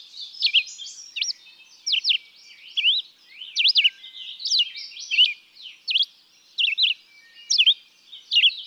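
Red-eyed vireo singing a string of short slurred whistled phrases, each varied and separated by short breaks.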